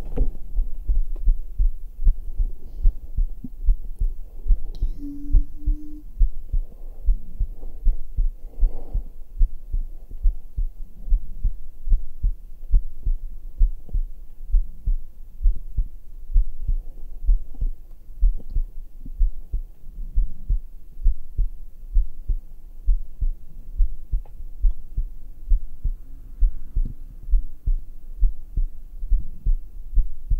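Normal adult heart sounds, heard through a microphone placed on bare skin against the chest, at about 67 beats per minute.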